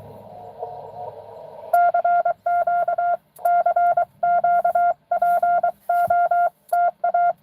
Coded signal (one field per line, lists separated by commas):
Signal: Morse code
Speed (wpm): 24 wpm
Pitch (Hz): 700 Hz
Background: none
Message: CQ CQ POTA